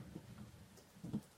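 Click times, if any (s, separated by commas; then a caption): none. An armor skirt piece of plastic/metal is pressed onto an Ophiuchus gold Saint collectible action figure, making soft, low handling and rubbing sounds early on and a brief, louder muffled contact burst around 1.0–1.2 s. Nothing has clipped or seated; the skirt just rests on the figure and could fall off at any moment.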